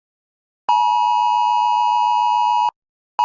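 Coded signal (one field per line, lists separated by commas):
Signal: Emergency Alert System (SAME) tones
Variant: 853 and 960 Hz attention tone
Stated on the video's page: Fictional EAS scenario recreation, remastered re-upload.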